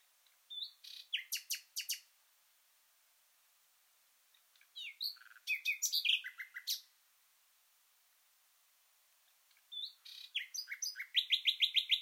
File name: Luscinia megarhynchos